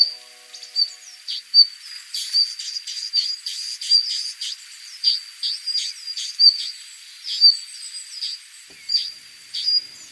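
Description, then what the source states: Japanese leaf warbler song, a long run of short, sharp notes over a steady high-pitched whine. Recorded on Kamishima, Mie Prefecture, Japan.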